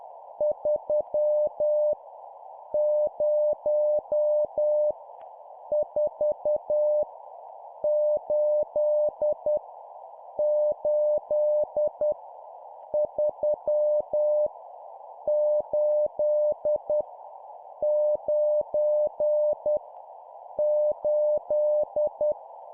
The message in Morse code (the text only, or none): 3 0 4 8 8 3 8 9 8